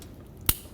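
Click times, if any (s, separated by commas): 0.5 s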